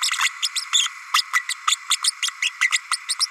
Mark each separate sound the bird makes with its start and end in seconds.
0.01-0.11, 0.18-0.29, 0.42-0.48, 0.72-0.89, 1.13-1.22, 1.33-1.44, 1.49-1.55, 1.67-1.76, 1.90-1.97, 2.04-2.12, 2.22-2.31, 2.42-2.51, 2.61-2.70, 2.91-2.97, 3.08-3.15, 3.20-3.27